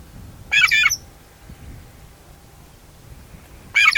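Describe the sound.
Shrike calling with two rough, scratchy squawks roughly three seconds apart over a quiet background.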